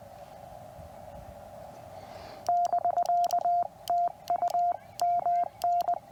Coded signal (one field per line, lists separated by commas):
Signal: Morse code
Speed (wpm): 18 wpm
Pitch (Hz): 690 Hz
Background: radio noise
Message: <BK> TU MN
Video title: QRP DX: CW POTA WITH MY NEW QMX @ OLD FORT HARROD #parksontheair #cw #hamradio